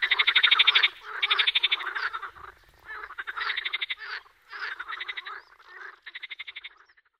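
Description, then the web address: Edible frog croaking in quick pulsed bursts roughly half a second to a second long, separated by brief pauses, in a rattling rhythm. "Fotoim Hangok Pelophylax kl esculentus"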